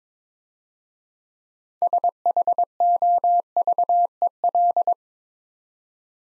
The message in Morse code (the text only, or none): SHOVEL